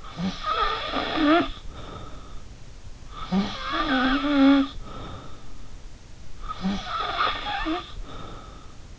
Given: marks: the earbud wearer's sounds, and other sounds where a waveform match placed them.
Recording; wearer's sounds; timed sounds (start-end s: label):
sounds in sleep by an in-ear microphone; snoring breath
0.00-2.48 s: snoring breath
3.10-5.49 s: snoring breath
6.33-8.83 s: snoring breath